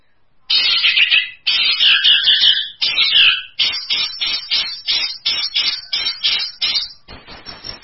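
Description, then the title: Long-tailed shrike singing a busy, scratchy warble of high notes, delivered in bursts separated by short gaps, growing into choppy repeated chips toward the end. Champion singing bird. "Kicau Burung Cendet Juara"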